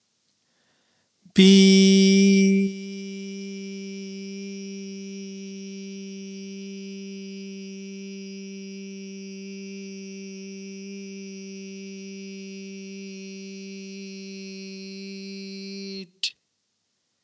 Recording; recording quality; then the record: sustained vowel as in beet; excellent, no background noise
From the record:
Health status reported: healthy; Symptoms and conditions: none ticked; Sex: male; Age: 42 years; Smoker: not ticked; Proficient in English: yes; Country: India